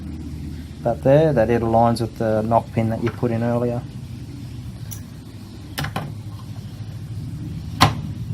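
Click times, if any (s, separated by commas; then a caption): 7.8 s. During a Honda CB550 motorcycle bottom-end rebuild, a metal engine part is lined up so the hole on its underside meets the knock pin (dowel) fitted earlier in the crankcase, then pushed down. Someone talks, two faint ticks follow at about 5.8 and 6.0 s, and a sharp click at 7.8 s marks the part seating onto its knock pin.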